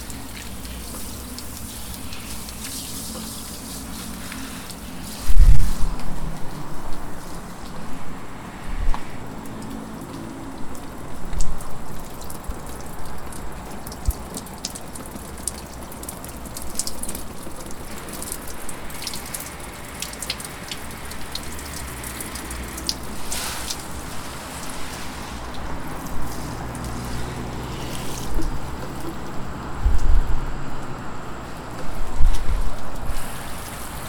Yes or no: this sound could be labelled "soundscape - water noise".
yes